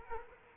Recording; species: mosquito wingbeat signal from an infrared sensor; Culex quinquefasciatus